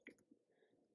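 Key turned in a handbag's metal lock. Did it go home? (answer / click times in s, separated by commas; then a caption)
yes / 0.1 s. A small key is turned in the metal lock on a leather Celine SAC16 Classique handbag to lock it. A single sharp, smooth click sounds at 0.1 s, followed by faint low handling noise. The lock clicks shut.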